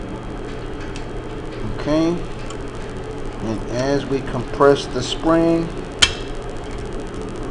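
Someone talks while a valve spring compressor compresses the valve spring on the valve spring retainer of a cylinder head. A sharp, loud hit rings out at about 6.0 s as the tool fails to grip the top spring retainer properly. The retainer is missed, and nothing has seated or clicked yet.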